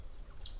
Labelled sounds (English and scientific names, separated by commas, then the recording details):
Stitchbird (Notiomystis cincta) song
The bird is a male
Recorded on Tiritiri Matangi Island, New Zealand, in 2005
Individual 11, of nest box 13